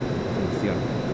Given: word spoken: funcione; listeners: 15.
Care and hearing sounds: one Spanish word in noise, from a listening test; speech-shaped noise; -5.5 dB; 0 of 15; 10 of 15; 0.74 s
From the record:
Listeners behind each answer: 10, 2, 1, 1, 1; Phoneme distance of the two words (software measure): 7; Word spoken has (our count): 3 syllables, 8 phonemes, stress on syllable 2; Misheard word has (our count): 2 syllables, 7 phonemes, stress on syllable 2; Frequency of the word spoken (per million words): 4.81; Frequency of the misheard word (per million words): 145.17

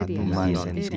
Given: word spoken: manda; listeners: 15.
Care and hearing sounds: one Spanish word in noise, from a listening test; four-talker babble; 0.8 dB; 0 of 15; 6 of 15; 0.57 s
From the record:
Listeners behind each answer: 6, 2, 1, 1, 1, 1, 1, 1, 1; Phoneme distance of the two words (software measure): 17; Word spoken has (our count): 2 syllables, 5 phonemes, stress on syllable 1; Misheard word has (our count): 2 syllables, 4 phonemes, stress on syllable 1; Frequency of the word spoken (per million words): 15.60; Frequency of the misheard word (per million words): 305.83

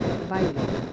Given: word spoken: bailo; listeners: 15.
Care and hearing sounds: one Spanish word in noise, from a listening test; noise modulated by three-talker babble; -3.2 dB; 2 of 15; 9 of 15; 0.53 s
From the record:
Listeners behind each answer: 9, 2, 1, 1, 1, 1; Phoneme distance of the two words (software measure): 10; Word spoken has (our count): 2 syllables, 5 phonemes, stress on syllable 1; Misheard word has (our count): 2 syllables, 5 phonemes, stress on syllable 1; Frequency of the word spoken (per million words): 0.70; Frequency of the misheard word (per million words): 28.87

